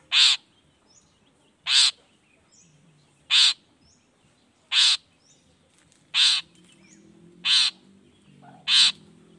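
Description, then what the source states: Long-tailed shrike giving loud harsh rasping notes, repeated about every one and a half seconds. Morning recording with 'toet toet' voice variations, meant to stimulate lazy, silent shrikes to quickly start singing along.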